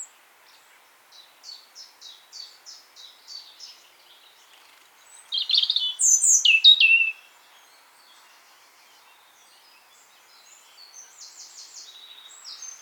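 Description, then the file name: European robin song, a series of soft high ticking notes, then a loud cascading warbled phrase, and a quieter trilled phrase at the end. "Erithacus rubecula"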